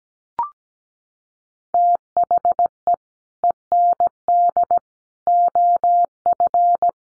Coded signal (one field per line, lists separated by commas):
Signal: Morse code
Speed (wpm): 17 wpm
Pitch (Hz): 700 Hz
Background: none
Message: THE END OF